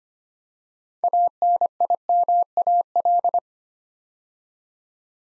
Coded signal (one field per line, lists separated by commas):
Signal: Morse code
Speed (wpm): 25 wpm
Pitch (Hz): 700 Hz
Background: none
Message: ANIMAL